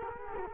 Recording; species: mosquito wingbeat signal from an infrared sensor; Culex quinquefasciatus